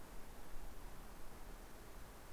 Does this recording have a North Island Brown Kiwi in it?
no